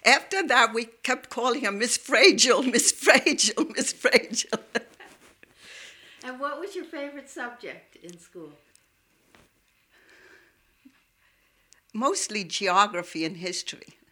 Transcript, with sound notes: After that we kept calling her, "Miss Fragile, Miss Fragile, Miss Fragile." ( she laughs )
And what was your favorite subject in school?
Mostly geography and history.